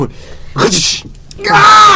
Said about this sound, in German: Lauter Schrei, Entschuldigung, liebe Podcast-Hörer.